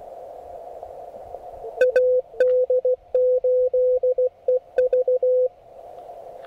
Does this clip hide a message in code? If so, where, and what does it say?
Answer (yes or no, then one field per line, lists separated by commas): yes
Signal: Morse code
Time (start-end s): 1.8-5.5 s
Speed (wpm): 16 wpm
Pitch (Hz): 500 Hz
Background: radio noise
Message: AD8EV